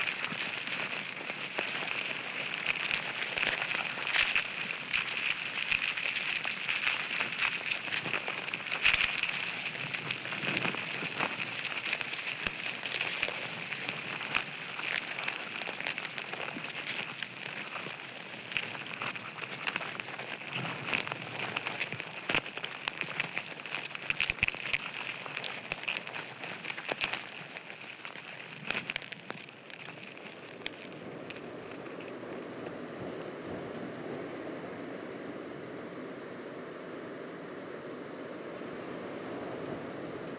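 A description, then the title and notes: A coastal dunescape at Studland Nature Reserve, heard as a dense, steady crackle and patter like rain on a surface, with a bright hissing band and frequent sharp ticks through the first half minute. Around 30 seconds it changes to a softer, lower rushing texture. The hidden sounds of the coastal dunescape at Studland Nature Reserve, UK.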